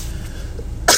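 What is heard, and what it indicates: Adult man. A single short cough; he says he has been coughing now and then.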